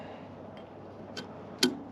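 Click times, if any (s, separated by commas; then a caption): 1.6 s. A rubber gland seal is overlapped and pushed into the groove of a Bobcat excavator track tensioner cylinder gland during a reseal. Over a low steady background hum, a faint tick sounds at 1.2 s, then a sharp, bright click at 1.6 s as the seal pops into its groove and seats.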